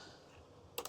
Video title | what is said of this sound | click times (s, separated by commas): 2016 Elddis Affinity 530 handover video from Wiltshire Caravans | Another click, and there it is. | 0.8 s